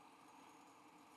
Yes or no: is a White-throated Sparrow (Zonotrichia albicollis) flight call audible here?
no